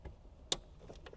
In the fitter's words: you'll be able to see where it's connecting to right here and then let's push down and hear that click